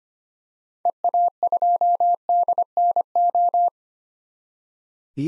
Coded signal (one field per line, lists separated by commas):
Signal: Morse code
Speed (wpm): 25 wpm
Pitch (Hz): 700 Hz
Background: none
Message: EA2DNO